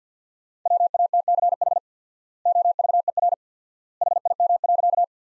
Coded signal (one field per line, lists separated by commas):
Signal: Morse code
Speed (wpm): 51 wpm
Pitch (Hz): 700 Hz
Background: none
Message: WATCH OVER HIM.